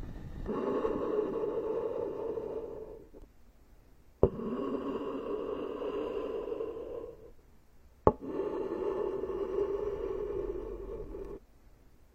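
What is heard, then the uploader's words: Ear massage with a tree ear pick: three long, dense scratchy rubbing passes, each opened by a sharp click, with short quiet gaps between. Tree Ear Picking Supreme Spa Ear Massage.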